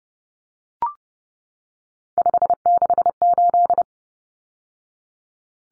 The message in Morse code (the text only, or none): 568